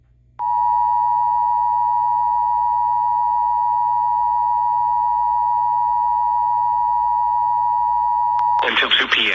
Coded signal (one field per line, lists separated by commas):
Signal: Emergency Alert System (SAME) tones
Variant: 853 and 960 Hz attention tone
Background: speech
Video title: Eas FFW in Honolulu Hawaii Eas#403